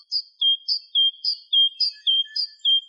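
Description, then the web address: Great tit singing a rapid repeated two-note phrase, a higher note dropping to a steady lower whistle, about two phrases per second; otherwise quiet. "Parus major"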